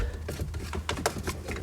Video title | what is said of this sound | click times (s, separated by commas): Jeep Wrangler JK Backup Camera Install | lock there we go you can hear that click there and I'll show you here real quick before I shut it up | 0.9 s, 1.1 s